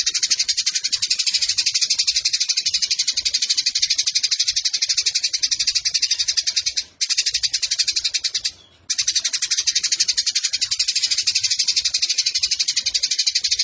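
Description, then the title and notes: Eurasian tree sparrow chatter, a shrill, fast, pulsing stream of chirps lasting throughout, with two short pauses. Long, clear-voiced fighting chatter ('tarung'), used as master tutor song ('masteran') for training birds for song competitions. "GEREJA TARUNG NEMBAK PANJANG SUARA JERNIH MASTERAN WAJIB BURUNG LOMBA. Burung Gereja"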